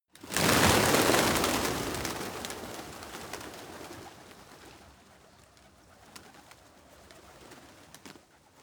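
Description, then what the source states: Pigeons taking off as a flock, a sudden loud burst of clattering wingbeats that fades gradually into scattered flapping. Heavy flock of pigeons rising.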